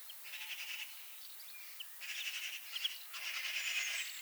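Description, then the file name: Eurasian magpie chattering faintly, three soft bursts of quick, rasping notes separated by brief gaps, with a few thin high chirps between. "Pica pica"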